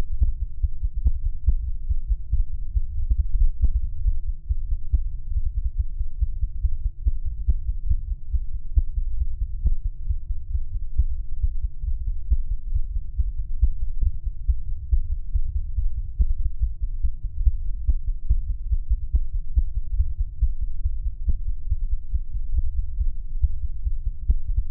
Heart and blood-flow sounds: fetal heart sounds by stethoscope on the mother's abdomen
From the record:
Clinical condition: bleeding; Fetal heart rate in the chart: 148 bpm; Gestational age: 34 weeks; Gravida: 3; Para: 1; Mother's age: 23 years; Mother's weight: 49 kg

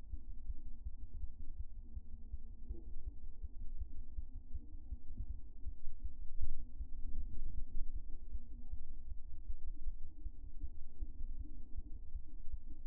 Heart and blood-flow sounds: fetal heart sounds by stethoscope on the mother's abdomen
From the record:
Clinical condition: term gestation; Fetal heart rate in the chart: 156 bpm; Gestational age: 40 weeks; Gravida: 2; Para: 1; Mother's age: 27 years

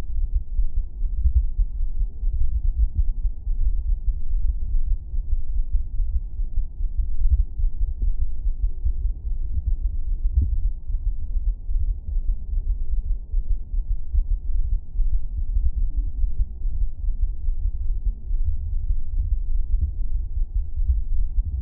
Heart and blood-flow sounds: fetal heart sounds by stethoscope on the mother's abdomen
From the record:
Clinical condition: thrombocytopenia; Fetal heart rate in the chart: 135 bpm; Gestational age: 35 weeks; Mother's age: 24 years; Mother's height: 153 cm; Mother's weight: 62 kg

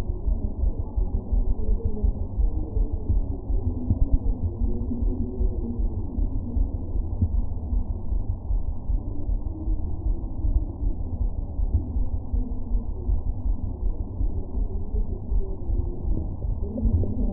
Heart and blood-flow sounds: fetal heart sounds by stethoscope on the mother's abdomen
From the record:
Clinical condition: abdominal pain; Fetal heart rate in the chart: 146 bpm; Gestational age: 39 weeks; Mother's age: 27 years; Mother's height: 144 cm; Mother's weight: 83 kg

